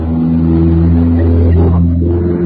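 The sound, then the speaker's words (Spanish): A car passes by outside a house, its engine a low, steady droning rumble with a humming tone that swells slightly midway before easing off. No one speaks. “Sí, acá en mi casa pasó un auto, sí.”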